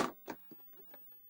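The latch on a vacuum sealer's lid is released after the seal cycle, with a click at 0.3 s, and the lid is unlatched. Fainter ticks follow, and no one talks.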